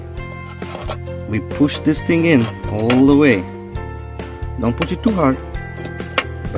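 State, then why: Seated. A Tesla Model Y touchscreen fitted with a swivel adapter is pushed gently all the way onto its dashboard screen mount while someone talks over background music. A sharp click at 6.2 s marks the adapter seating in the mount, as far as it goes.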